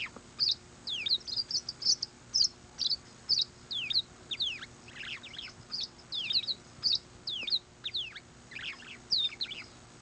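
Tawny-headed swallow: a steady run of thin, high, downward-slurred chirps, about two each second, sometimes clustered in quick twos and threes.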